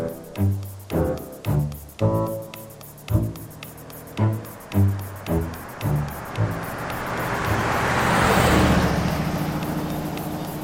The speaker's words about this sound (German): Ein vorbeifahrendes Auto.